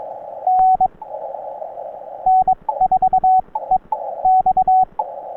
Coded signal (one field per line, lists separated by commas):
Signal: Morse code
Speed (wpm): 20 wpm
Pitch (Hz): 750 Hz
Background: none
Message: N N4EX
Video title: CW POTA Activation From Myrtle E. Hall WMA - Morse Code 20m - NB0W Ham Radio - Parks On The Air